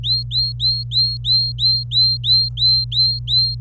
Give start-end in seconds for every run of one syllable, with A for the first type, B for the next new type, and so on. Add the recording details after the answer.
0.03-3.55 A. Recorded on 26 April 2018 at 08:17. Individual llb3